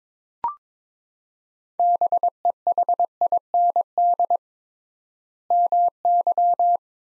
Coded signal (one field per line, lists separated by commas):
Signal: Morse code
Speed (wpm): 22 wpm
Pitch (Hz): 700 Hz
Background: none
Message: BEHIND MY